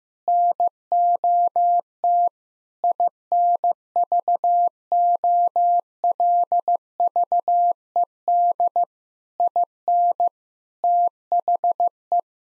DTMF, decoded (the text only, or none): none